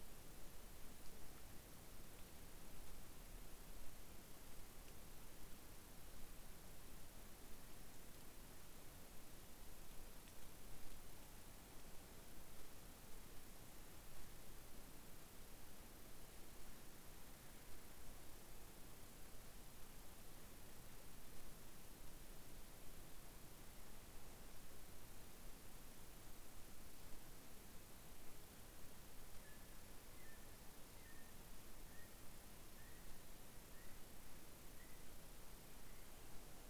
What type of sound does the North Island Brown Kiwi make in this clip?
male call